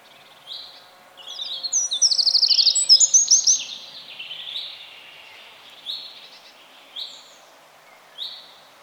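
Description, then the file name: Eurasian wren song: a loud, fast run of high buzzy trills and twittering notes in the middle, with short separate chip notes before and after. "Troglodytes troglodytes"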